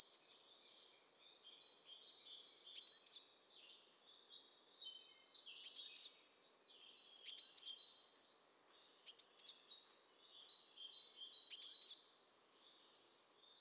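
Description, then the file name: Eurasian blue tit scolding: sharp high notes then a dry buzzy churr, the pattern repeated about every three seconds throughout. "Cyanistes caeruleus"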